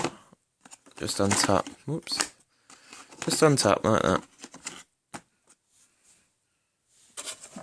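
Someone talks while handling the lid on the body of a brand new 1990 Electrolux Dolphin Z2210 cylinder vacuum cleaner, with a few short knocks and taps between the words. The lid has not yet clunked shut, and nothing has seated or clicked by the end of the clip.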